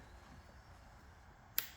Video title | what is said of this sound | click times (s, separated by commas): 2023-2025 JEEP COMPASS LT (2.0L GME T4) Replace Pressure Sensor- Charge Air Cooler Inlet Duct | There you go, nice and loud, and lock it down. | 1.6 s